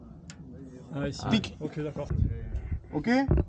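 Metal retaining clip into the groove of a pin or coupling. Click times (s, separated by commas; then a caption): 0.3 s. A metal retaining clip is pushed a little further into the groove of a pin or coupling and snaps into place with a small, sharp click at 0.3 s, showing it has seated. Afterwards someone talks.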